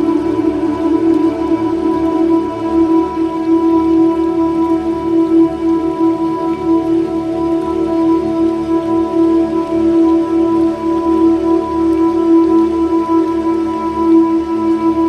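Soft, heavenly music sits over graceful river sounds. A steady, sustained chord of low-middle tones with fainter higher notes hums without pause for the whole stretch. Underneath, a constant trickling, rain-like water texture keeps the level even from start to finish.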